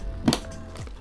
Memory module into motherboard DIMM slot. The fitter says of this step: until you hear a click okay so then we do exactly the same again slide that in until we find the notch